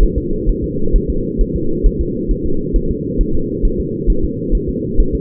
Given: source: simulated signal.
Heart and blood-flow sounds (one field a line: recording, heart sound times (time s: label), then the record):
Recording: fetal heart sounds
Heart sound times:
0.03 s: S1
0.18 s: S2
0.49 s: S1
0.64 s: S2
0.96 s: S1
1.10 s: S2
1.41 s: S1
1.56 s: S2
1.86 s: S1
2.01 s: S2
2.31 s: S1
2.46 s: S2
2.76 s: S1
2.91 s: S2
3.21 s: S1
3.35 s: S2
3.65 s: S1
3.80 s: S2
4.10 s: S1
4.24 s: S2
4.55 s: S1
4.69 s: S2
5.00 s: S1
5.15 s: S2
From the record:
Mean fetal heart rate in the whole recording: 130 bpm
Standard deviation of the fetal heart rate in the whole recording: 4 bpm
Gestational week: 38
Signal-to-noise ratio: -8.1 dB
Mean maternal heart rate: 72 bpm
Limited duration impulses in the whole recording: present